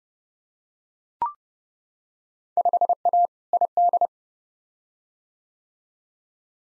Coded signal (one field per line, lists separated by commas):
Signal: Morse code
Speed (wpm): 32 wpm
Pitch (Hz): 700 Hz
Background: none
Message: 5A ID